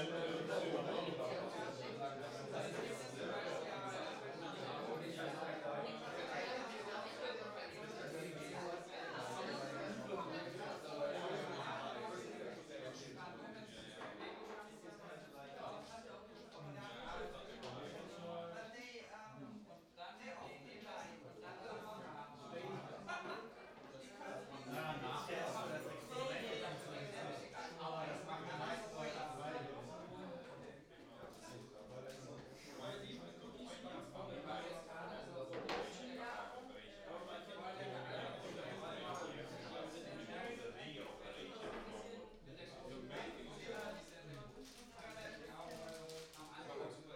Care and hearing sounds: everyday scene through a hearing-aid microphone; many people talking; many voices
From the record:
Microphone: in the ear canal, right

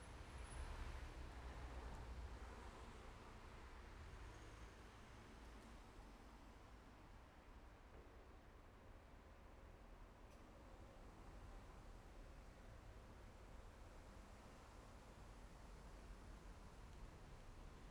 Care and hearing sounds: everyday scene through a hearing-aid microphone; in traffic; traffic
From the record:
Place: main road on the outskirts, rush hour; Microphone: behind the ear, left, rear

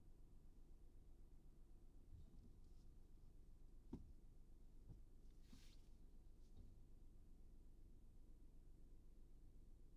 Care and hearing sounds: everyday scene through a hearing-aid microphone; in a vehicle; engine idling, traffic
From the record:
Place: Skoda Fabia, gasoline engine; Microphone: in the ear canal, right

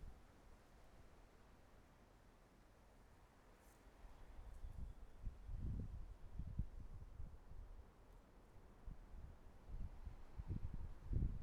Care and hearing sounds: everyday scene through a hearing-aid microphone; wind on the microphone; wind, traffic, birds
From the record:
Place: suburban garden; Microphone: behind the ear, right, front

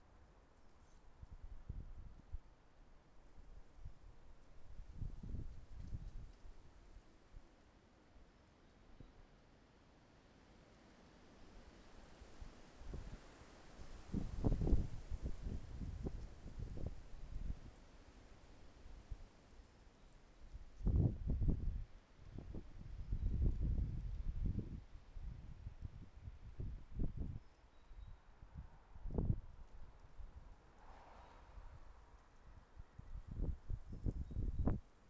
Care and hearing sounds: everyday scene through a hearing-aid microphone; wind on the microphone; wind, traffic, birds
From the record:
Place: suburban garden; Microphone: behind the ear, left, front

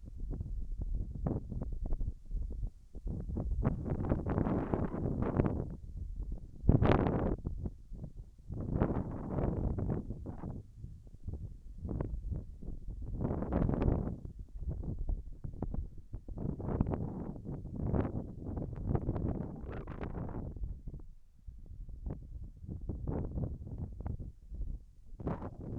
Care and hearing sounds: everyday scene through a hearing-aid microphone; wind on the microphone; wind, whistling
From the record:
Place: in front of a rural house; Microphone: behind the ear, left, front

